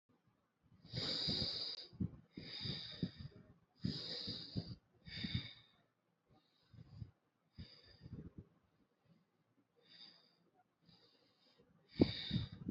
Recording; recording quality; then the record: deep breathing; excellent, no background noise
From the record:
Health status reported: healthy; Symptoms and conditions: none ticked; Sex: male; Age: 25 years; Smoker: not ticked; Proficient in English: yes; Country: India